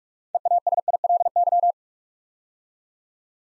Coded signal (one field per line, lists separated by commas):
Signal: Morse code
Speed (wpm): 44 wpm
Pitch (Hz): 700 Hz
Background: none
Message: EASILY